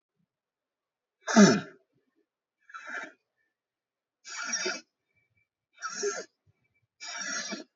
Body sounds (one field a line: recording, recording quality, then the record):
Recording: deep breathing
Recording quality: excellent, no background noise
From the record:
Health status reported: healthy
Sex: female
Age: 24 years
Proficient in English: yes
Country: India